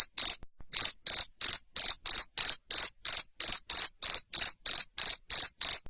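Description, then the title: Cricket chirping, high buzzy pulses in a regular run of about three per second after a hesitant start. Loud cricket chirping played to make lovebirds sing continuously. "Suara JANGKRIK NGERIK Keras Bikin LOVEBIRD Jadi NGEKEK Terus Vubey"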